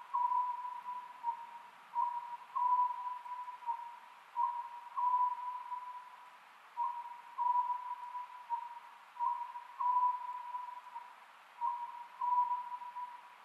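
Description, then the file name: Oriental scops owl giving short, low hooting notes in small repeated groups, a phrase roughly every couple of seconds. Recorded 27 May 2010 at 22:21, at night; Japanese name konohazuku. "konohazuku-20100527-2221"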